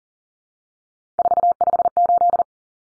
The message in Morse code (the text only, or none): 458